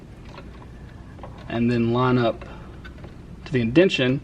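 A drop-in bobbin is being set into the race hook of a sewing machine's bobbin race, its hole lined up with the post inside and its thread with the indention, while someone talks. A few faint handling taps are heard early on. The bobbin has not clicked or seated into place yet.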